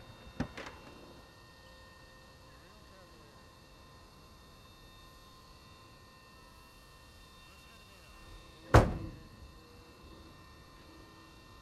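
A turboprop floatplane drones steadily, a quiet, unchanging hum threaded with fixed whining tones from low to high. A sharp knock lands near the start, and a louder bang breaks through around nine seconds before the hum settles again.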